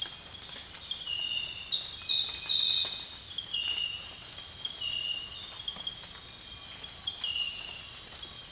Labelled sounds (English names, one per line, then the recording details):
none
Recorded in dense forest near Puerto Asís, Putumayo, Colombia, on 20 December 2024 at 05:30
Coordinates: 0.468, -76.322
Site G071